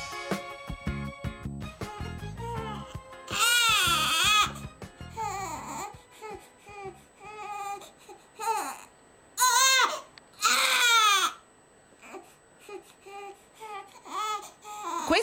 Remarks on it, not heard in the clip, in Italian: Questo bambino sta piangendo. Dietro ad un pianto c'è sempre una richiesta. I lattantini nei primi mesi di vita non hanno altra forma di comunicazione che il pianto, che è proprio il loro linguaggio.